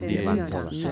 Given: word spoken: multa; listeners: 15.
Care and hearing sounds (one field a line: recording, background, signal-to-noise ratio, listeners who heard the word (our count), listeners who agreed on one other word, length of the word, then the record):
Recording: one Spanish word in noise, from a listening test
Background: four-talker babble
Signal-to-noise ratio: -1.2 dB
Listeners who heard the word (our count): 0 of 15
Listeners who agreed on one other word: 7 of 15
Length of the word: 0.52 s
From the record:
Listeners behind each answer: 7, 2, 1, 1, 1, 1, 1, 1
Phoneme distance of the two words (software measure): 64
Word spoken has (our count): 2 syllables, 5 phonemes, stress on syllable 1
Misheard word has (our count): 2 syllables, 7 phonemes, stress on syllable 2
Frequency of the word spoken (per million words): 10.61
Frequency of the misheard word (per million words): 49.58